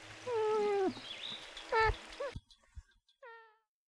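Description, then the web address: Moose calls: a drawn-out falling wail, a brief harmonic yelp and a short falling call. "soundswild moose and buds"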